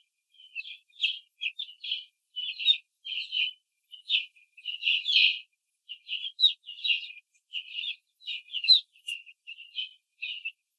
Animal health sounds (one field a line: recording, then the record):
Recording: young laying hens in a cage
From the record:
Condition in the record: control cage, after the stress test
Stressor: none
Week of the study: 4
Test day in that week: 3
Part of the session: 2